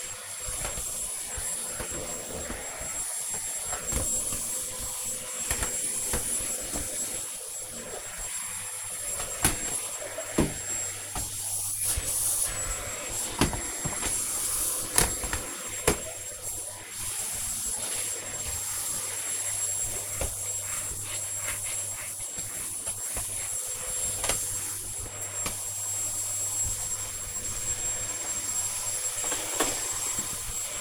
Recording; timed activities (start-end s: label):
household activities, microphone on the right wrist
0.00-30.81 s: vacuum cleaning